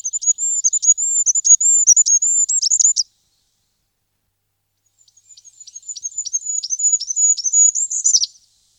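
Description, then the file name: Goldcrest singing two very high, thin phrases of quickly repeated notes, each closing with a short flourish, separated by about two seconds of quiet. "wintergoldhaehnchen vogelatlas 3"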